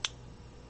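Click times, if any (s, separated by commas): 0.1 s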